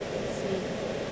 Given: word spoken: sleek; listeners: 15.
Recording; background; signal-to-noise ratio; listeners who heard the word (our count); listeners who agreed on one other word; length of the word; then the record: one English word in noise, from a listening test; speech-shaped noise; -5.8 dB; 0 of 15; 7 of 15; 0.72 s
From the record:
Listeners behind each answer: 7, 5, 1, 1, 1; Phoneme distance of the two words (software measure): 14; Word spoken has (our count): 1 syllable, 4 phonemes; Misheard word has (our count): 1 syllable, 2 phonemes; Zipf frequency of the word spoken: 3.29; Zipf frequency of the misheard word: 6.34